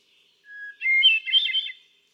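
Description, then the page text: Hermit thrush song phrase: a low sustained whistle, then a higher whistle breaking into a quick ethereal swirl of flute-like notes that fades out. Male singing on 13 June 2006 at Quabbin Park, Ware, Massachusetts, USA; cycles through a repertoire of about ten different songs. "Birdsong for the Curious Naturalist. Hermit thrush. ♫396. A truly gifted and inspiring songster, example 1. Can you hear how he cycles through his repertoire of about ten different songs? June 13, 2006. Quabbin Park, Ware, Massachusetts"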